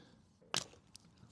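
After failed tries, a worn white plastic plug is pushed onto the crank position sensor socket of a rebuilt Mini Cooper S R53. It seats with a sharp, bright click at 0.6 s, followed by a faint tick near 1.0 s over quiet background. The plug is confirmed clicked in and seated.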